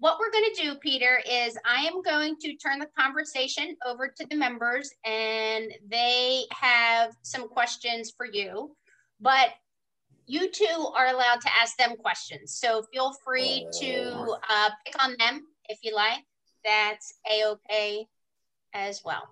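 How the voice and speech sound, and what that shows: A woman speaks fluently and clearly in a small room, handing the conversation over to the members so they can ask questions; ordinary speech.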